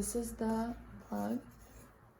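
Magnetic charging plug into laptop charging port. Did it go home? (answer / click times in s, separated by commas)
no / none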